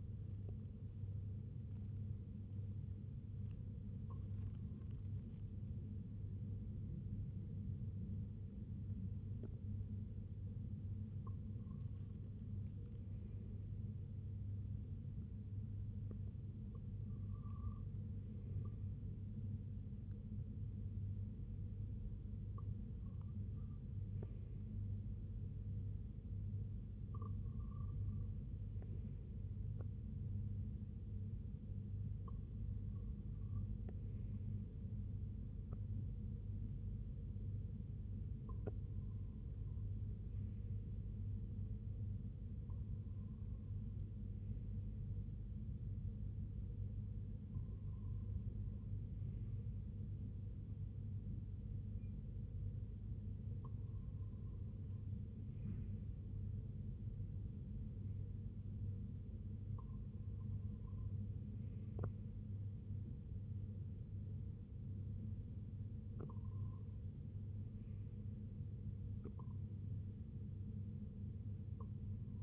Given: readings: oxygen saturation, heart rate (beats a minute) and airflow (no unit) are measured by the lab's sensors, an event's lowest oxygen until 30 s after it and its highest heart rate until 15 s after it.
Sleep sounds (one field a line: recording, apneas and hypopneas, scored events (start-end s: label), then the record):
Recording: breathing in sleep by a smartphone at the bedside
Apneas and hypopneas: 1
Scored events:
3.00-29.60 s: hypopnea (N1, oxygen 97% highest, then 94% lowest, heart rate 75 at the start, 75 highest)
8.00-72.42 s: new sleep stage, REM sleep
From the record:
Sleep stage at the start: N1 (lightest sleep)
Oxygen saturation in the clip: 94 to 97%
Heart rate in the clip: 54 to 91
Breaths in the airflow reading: 14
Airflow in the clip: -8.4 to 4.3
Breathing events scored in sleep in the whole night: 258 in 7.4 hours asleep